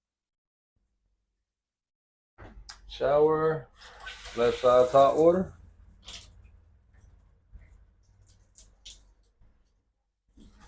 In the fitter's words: You always want to hear that click.